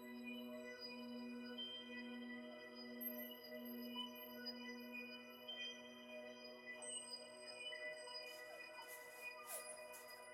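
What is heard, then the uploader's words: Bowl sounds ring with MIDI tones, a dense layer of steady pitched lines sustaining across the whole clip. A low tone pulses in even swells for the first four seconds, then holds steady. Brief bright hissy bursts flicker in near the end. MIDI and BOWL sounds 7 mins per chakra.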